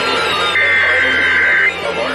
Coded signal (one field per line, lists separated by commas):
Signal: Emergency Alert System (SAME) tones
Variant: header bursts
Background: speech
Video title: ABSOLUTE SOLVER CHAOS… The Extreme storms experience… EAS Alerts from 6/19/25 (EAS #143-205)